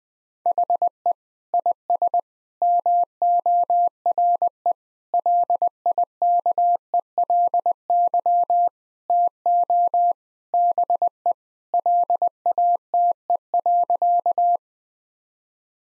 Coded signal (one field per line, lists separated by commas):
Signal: Morse code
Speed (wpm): 20 wpm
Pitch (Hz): 700 Hz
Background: none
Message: HE IS MORE LIKELY TO BE LATE.